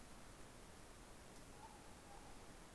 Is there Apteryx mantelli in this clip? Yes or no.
no